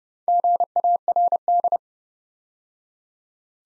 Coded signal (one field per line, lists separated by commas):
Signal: Morse code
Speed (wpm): 30 wpm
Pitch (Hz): 700 Hz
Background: none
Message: GARD